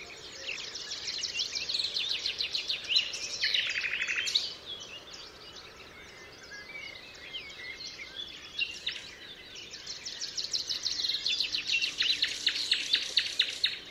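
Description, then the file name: Common nightingale song: rapid rattling trills and varied chirped phrases, pausing midway before another fast trilled strophe, against a hissing background. Recorded 27 April 2014 at Altmühlsee. "Nachtigall. Altmuehlsee. Susanne Rieck"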